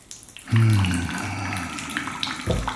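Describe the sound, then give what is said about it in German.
Warm bath water sloshes and splashes in a tub, starting with a sudden loud surge and settling into a steady, churning wash with a brief swell near the end. “Das Wasser schön warm.”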